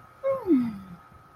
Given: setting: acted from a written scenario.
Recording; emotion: vocal sound without words; serenity